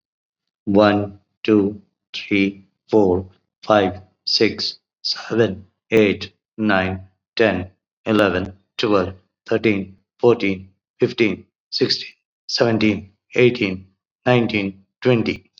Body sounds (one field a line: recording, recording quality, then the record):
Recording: counting at a normal pace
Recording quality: excellent, no background noise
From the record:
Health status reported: COVID-19 positive, moderate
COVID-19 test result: positive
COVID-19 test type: rapid antigen test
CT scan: not taken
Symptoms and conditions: cough, sore throat, fever, hypertension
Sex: male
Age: 55 years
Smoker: no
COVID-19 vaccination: both doses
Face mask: worn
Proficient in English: yes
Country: India